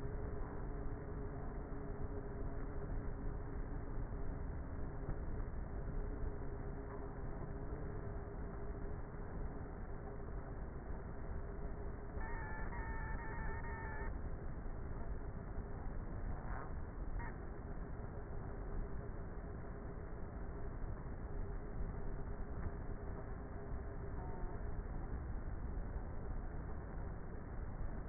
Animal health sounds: honeybee colony, microphone inside the hive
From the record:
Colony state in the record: queenless with a low population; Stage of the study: before two queens were removed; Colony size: about 30,000 bees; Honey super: no

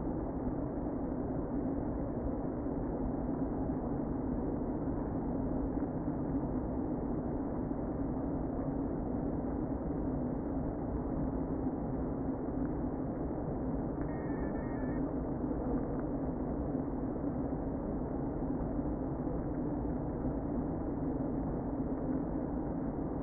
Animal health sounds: honeybee colony, microphone inside the hive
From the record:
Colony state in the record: queen present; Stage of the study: before two queens were removed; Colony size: about 60,000 bees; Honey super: yes

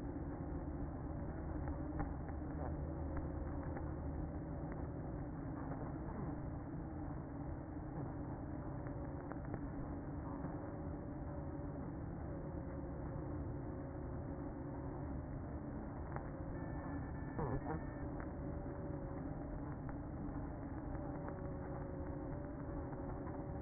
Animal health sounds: honeybee colony, microphone inside the hive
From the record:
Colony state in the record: queen present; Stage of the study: after two queens were removed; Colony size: about 60,000 bees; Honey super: yes

